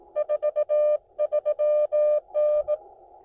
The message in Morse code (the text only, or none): 43N